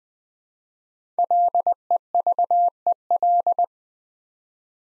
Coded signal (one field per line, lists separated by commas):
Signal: Morse code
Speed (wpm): 20 wpm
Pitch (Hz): 700 Hz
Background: none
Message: LEVEL